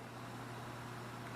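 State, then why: Not seated. The USB cable that comes with an X27 Plus smartphone, which may not actually be micro USB unlike a Samsung micro USB cable that tends to pop out, is handled at the phone's charging port. A steady low hum at about 120 Hz runs under even broadband noise, with no sharp transients. Nothing has seated or clicked yet when the clip ends.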